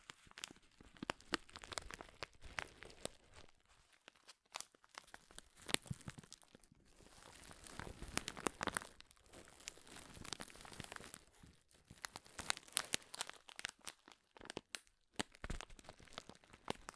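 Loud crinkling of material, a dense run of sharp crackles and crunches with brief pauses near four and six seconds, busiest around eight to ten.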